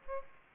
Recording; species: mosquito wingbeat signal from an infrared sensor; Aedes aegypti